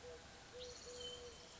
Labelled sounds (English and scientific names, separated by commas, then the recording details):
Eurasian Collared Dove (Streptopelia decaocto)
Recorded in Sonoma County, California